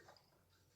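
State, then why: Seated. A small plastic valve piece for the wheel assembly of a 1/8 scale Dodge Charger R/T model car is pressed in with light pressure. It gives a short, sharp little click at 0.2 s and seats in place.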